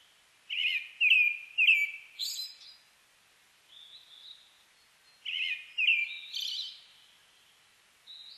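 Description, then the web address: Brown-headed thrush song, phrases of two or three clear slurred whistles followed by a higher, rougher note, repeated about every five seconds, with a soft whistle between. Recorded on 29 May 2004. "2004 040529 akahara"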